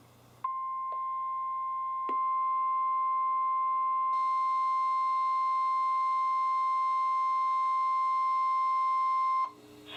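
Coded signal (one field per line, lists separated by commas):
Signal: Emergency Alert System (SAME) tones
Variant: 1050 Hz attention tone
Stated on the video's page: NOAA Weather Radio alerts from station KHB36 issued by Sterling, VA: severe thunderstorm watches and warnings and a special marine warning.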